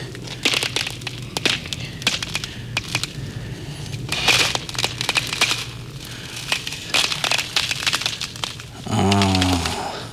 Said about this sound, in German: Da, die, es ist komplett, die Pfützen hier sind durchgefroren. Die könnte schön sein, lass mich mal. Da, eine Knistereispfütze, da ist Luft drunter, die könnte funktionieren.